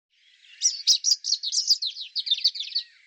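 European robin song: a rapid jumble of thin, high twittering notes and short trills for about two seconds, with a clean, quiet background.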